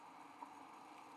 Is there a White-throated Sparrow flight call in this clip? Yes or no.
no